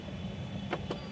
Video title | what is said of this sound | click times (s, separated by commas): ✨ కొత్త కారు తీసుకునే ముందు తప్పనిసరిగా PDI చేయించండి! 🚗 - TATA Punch Accomplished+ s | దాన్ని లోపల పెట్టాక, ఇప్పుడు అది లాక్ అయిపోయింది, సరేనా. | 0.7 s, 0.9 s